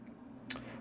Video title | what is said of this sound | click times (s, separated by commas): IMI Defense Level 3 Holster (for Mk25) | this hood here snaps down. And you got Level 3 retention. | 0.5 s